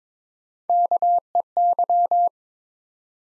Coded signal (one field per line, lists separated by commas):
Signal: Morse code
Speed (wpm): 22 wpm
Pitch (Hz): 700 Hz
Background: none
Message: KEY